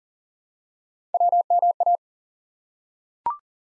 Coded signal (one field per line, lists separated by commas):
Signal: Morse code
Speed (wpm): 40 wpm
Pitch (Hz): 700 Hz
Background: none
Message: WMA